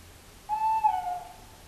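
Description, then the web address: Tawny owl giving a single smooth hoot, steady then dipping slightly in pitch, lasting under a second over a quiet background. "earth naturelibrary assets t ta tawny owl"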